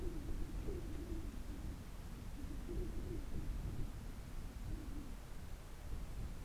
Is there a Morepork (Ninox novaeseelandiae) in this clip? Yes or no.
no